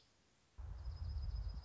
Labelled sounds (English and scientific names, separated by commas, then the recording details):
Dark-eyed Junco (Junco hyemalis)
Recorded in Sonoma County, California